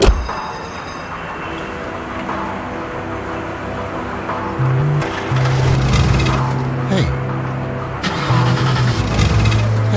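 An old junk car's engine cranks and sputters in repeated attempts to start in the rain, a low rough churning that rises in surges and fades without catching, with steady low tones underneath.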